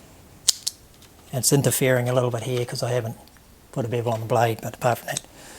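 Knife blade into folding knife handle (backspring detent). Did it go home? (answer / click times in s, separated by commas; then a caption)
no / none. The steel blade of a handmade slip-joint folding knife, not yet beveled, is handled against its backspring, with two short, sharp ticks near 0.5 and 0.7 s before someone talks. The blade has not yet snapped into its open position; nothing has seated yet.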